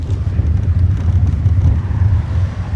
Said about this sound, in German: Wiącek dirigiert den Wagen runter von der Landstraße über Holperpisten und Sandwege.